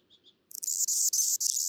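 Anna's hummingbird: two faint thin chips, then a burst of hissing, buzzy high notes in quick linked phrases.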